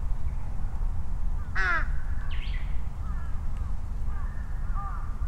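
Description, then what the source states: Crow giving one loud harsh caw among fainter caws, over a steady low rumble. Crows calling and responding to each other over vehicle rumble; Sunday noon, Ichimiyake, Yasu City, Shiga Prefecture, Japan; Sony PCM-M10 with small omnidirectional mics on bicycle handlebar bag.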